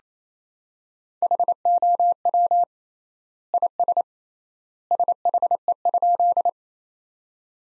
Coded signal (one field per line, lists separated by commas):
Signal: Morse code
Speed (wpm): 27 wpm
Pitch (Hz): 700 Hz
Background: none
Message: HOW IS SHE?